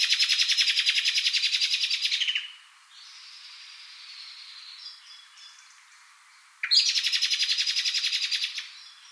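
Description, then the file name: Common blackbird giving rapid, harsh chattering rattles, one burst at the start and another later, with fainter calls in the gap. "Turdus merula"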